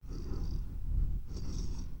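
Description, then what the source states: Cat purring, a low continuous rumble that swells and eases with two breaths, with a soft breathy hiss on each cycle. Cat purring contentedly.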